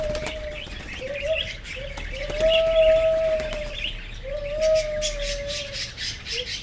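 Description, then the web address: Barbary dove giving long, even, low coos, some swelling in the middle, against a background of busy bird chirps. Zoo bird at Jászberény, recorded in 2016. "jaszberenyizoo 2016 professzionalis madarak alapbolkacagogerle"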